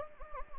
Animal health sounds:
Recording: mosquito wingbeat signal from an infrared sensor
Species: Anopheles gambiae

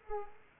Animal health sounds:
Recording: mosquito wingbeat signal from an infrared sensor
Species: Culex quinquefasciatus

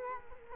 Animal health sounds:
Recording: mosquito wingbeat signal from an infrared sensor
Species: Culex quinquefasciatus

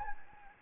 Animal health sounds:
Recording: mosquito wingbeat signal from an infrared sensor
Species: Anopheles gambiae

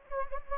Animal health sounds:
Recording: mosquito wingbeat signal from an infrared sensor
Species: Anopheles gambiae

